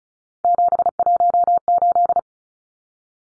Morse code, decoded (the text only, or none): 718